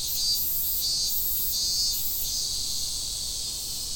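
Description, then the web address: Cicada buzzing song, a continuous shrill high-pitched drone with several pulsing bursts that swell and fade, plus a faint low rumble underneath. Recorded in Fukushima, Japan, on 30 July 2015. "fukudai. cicadda 150730"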